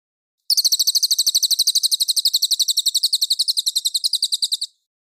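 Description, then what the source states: Cililin song: one steady, rapid trill of high, sharp notes, lasting roughly four seconds before stopping. Clear song.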